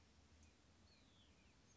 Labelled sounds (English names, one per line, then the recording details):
Hutton's Vireo
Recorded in Sonoma County, California